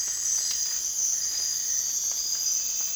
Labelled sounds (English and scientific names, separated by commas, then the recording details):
none
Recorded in dense forest near Puerto Asís, Putumayo, Colombia, on 27 June 2025 at 02:00
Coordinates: 0.468, -76.322
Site GP03